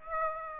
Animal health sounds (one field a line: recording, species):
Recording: mosquito wingbeat signal from an infrared sensor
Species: Aedes aegypti